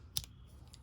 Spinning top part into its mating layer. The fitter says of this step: ఇది దానికి వెళ్ళిపోయి లాక్ అయిపోతుంది.